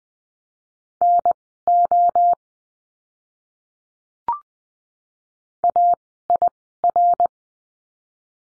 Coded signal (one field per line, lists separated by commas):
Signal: Morse code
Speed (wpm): 20 wpm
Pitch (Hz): 700 Hz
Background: none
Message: NO AIR